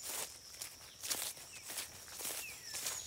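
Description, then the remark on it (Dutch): Soft, irregular footsteps crunch and shuffle as a donkey, Grietje, is led off the grounds onto a small forest path, with a light rustle of ground cover and faint high bird chirps; no one speaks. “Ja, we gaan nu even van het terrein af, een bosweggetje in.”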